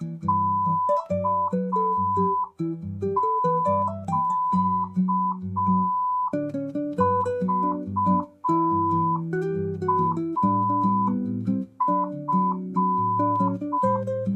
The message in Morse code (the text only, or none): KQVAF